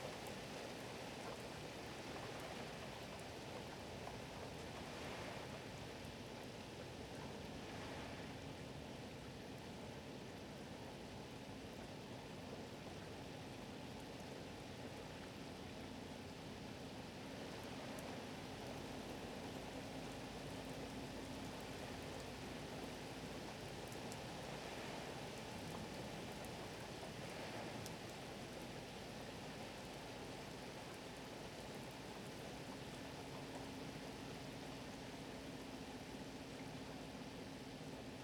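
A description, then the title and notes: Rain from a Martha's Vineyard thunderstorm pours down in a steady, dense hiss that barely changes level throughout. Faint brief splashes stand out around five, eight and twenty-five seconds, and a low droning tone hums underneath at times, mostly in the second half. Martha's Vineyard Thunderstorm and Harbor Waves.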